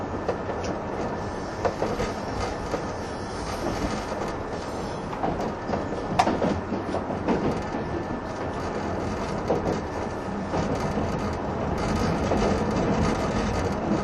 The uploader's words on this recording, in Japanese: 185系 踊り子106号01 伊豆急下田～熱海。修善寺始発の列車を併結しつつも上り列車で最速となる、185系踊り子106号を収録したものです。音の旅(走行音)。